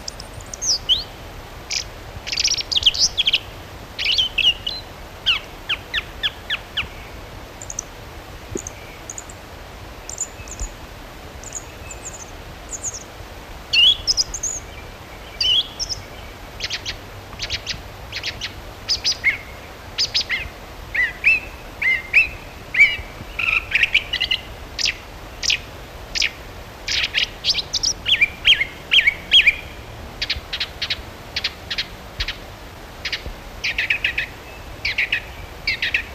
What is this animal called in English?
Song Thrush